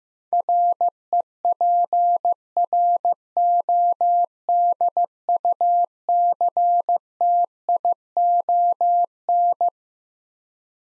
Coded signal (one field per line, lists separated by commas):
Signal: Morse code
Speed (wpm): 15 wpm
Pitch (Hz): 700 Hz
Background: none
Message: REPRODUCTION